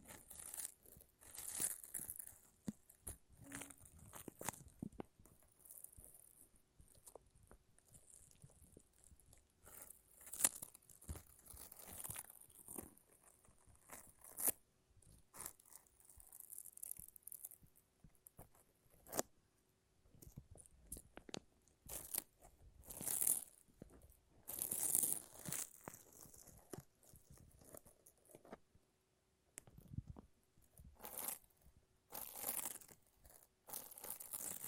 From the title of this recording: Sticky Sounds (Lint Roller and Tape)